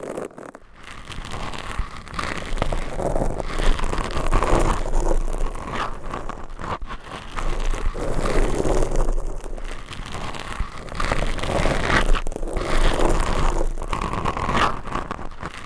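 Scratching and rubbing on a binaural microphone, a dense, rough crackle that runs nearly without pause for the whole clip. The strokes swell and ease irregularly, with brief dips around two, seven and ten seconds and a low rumble underneath.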